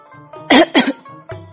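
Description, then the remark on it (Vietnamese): Two sharp, dry coughs in quick succession, loud and breathy, followed by a brief low murmur of voice at the end; the character Bạch Ngọc Đường coughing in a hot spring. “Sau đó lại nghe được tiếng Bạch Ngọc Đường ho khan, sau đó lại là tiếng cười đầy xấu xa của Triển Chiêu cùng với tiếng nước chảy.”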